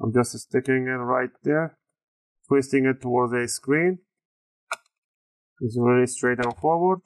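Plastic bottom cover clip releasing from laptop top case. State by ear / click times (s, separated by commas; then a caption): released / 4.7 s. A plastic opening tool is wedged between the top case and plastic bottom cover of an Asus Vivobook 15 X512J laptop and twisted toward the screen to unlatch the cover clips while it is opened for cleaning and repaste. Someone talks before and after a sharp click at 4.7 s, as a bottom cover clip pops loose from the top case.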